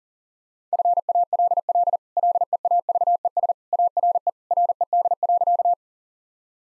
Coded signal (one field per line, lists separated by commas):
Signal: Morse code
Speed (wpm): 37 wpm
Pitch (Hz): 700 Hz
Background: none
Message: FALL LEAVES ARE RED.